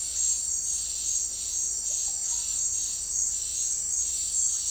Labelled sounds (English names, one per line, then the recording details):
none
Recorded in secondary vegetation near Puerto Asís, Putumayo, Colombia, on 4 March 2025 at 17:30
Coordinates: 0.499, -76.323
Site G094